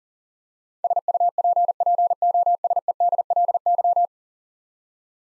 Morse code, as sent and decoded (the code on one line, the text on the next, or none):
... ..- .--. .--. --- ... . -.. .-.. -.--
SUPPOSEDLY